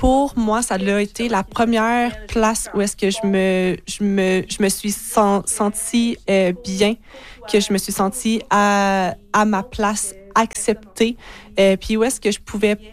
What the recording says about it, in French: Je bégayais depuis que j'ai six ans. Pendant une majorité de ma vie, j'avais une comme petite voix en dedans de moi qui me disait « Tu vas bégayer! ».